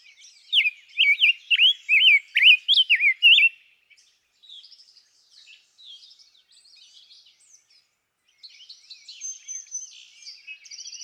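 Rose-breasted grosbeak singing a rich, fast warbled phrase of sliding whistled notes for about three seconds, followed by faint, scattered chirps from other birds.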